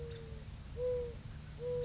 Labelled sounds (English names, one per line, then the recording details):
Mourning Dove
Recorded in Sonoma County, California